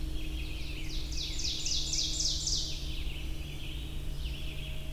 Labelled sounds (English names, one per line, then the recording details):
Ovenbird song
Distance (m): 35 m
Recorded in boreal forest in Alberta, Canada, on 23 June 2016 at 05:14
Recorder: SongMeter 3, array SBT-6-76
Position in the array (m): 140 m, 100 m
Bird 3